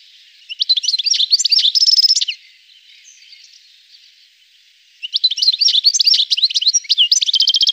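Songbird twittering in two bursts of fast high chirps ending in buzzy trills, separated by a quiet gap of about two and a half seconds.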